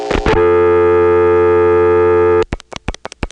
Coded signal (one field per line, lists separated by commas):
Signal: telephone call progress tone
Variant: North America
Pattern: dial tone